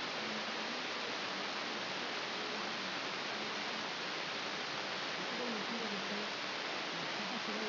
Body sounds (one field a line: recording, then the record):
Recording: brain microelectrode recording played as sound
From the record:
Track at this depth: inside the subthalamic nucleus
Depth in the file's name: 5.115 mm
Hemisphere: left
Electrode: 2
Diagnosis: Parkinson's disease